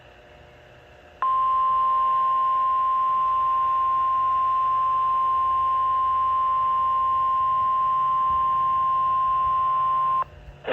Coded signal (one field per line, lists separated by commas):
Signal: Emergency Alert System (SAME) tones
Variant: 1050 Hz attention tone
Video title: (EAS #457) Tornado Warning for Dane and Jefferson, Wisconsin